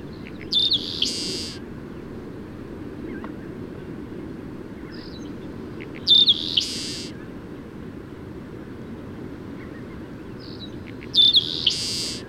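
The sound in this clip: Bird song repeated three times about every five seconds, each phrase a bright whistle and a raspy buzz, with scattered faint chirps and a constant low rumble underneath.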